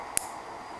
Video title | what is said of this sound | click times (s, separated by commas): Máy đo đường huyết 24 giờ 2 | I think you could probably hear that click and now you'll see this green light come on | 0.2 s